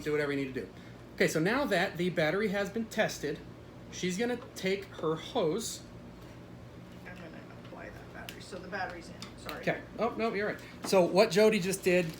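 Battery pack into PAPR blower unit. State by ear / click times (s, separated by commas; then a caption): seated / 8.3 s. A battery pack is slid into the bottom of a powered air-purifying respirator's main blower unit and clicks into place at 8.3 s, seating it. Someone talks before and after the click.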